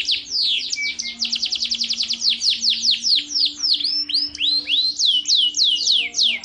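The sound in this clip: Bird song made of fast, repeated downward-sweeping whistles, then slower curved notes. A thin steady hum runs beneath.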